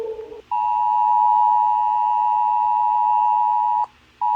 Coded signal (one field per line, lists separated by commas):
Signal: Emergency Alert System (SAME) tones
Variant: 853 and 960 Hz attention tone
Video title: eas alarms